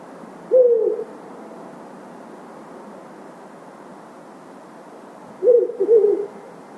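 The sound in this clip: Owl hoots: one short hoot early on, then a double hoot about five seconds later with a slight break between notes, over a steady low hiss.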